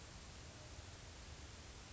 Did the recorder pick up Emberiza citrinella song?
no